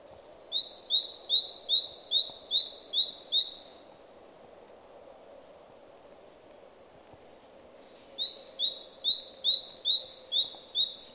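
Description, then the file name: Great tit singing two bouts of quick repeated two-note whistled phrases, separated by a pause of about four seconds, over a steady low hum. "Parus major"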